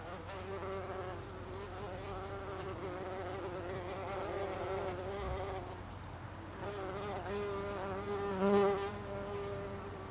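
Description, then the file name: Bumblebee buzzing, a rich droning hum that rises and falls in pitch, pausing briefly midway before resuming with a short louder burst near the end. Bumblebees (Icelandic hunangsflugur), recorded on 26 August 2012. "hunangsflugur 2012-08-26"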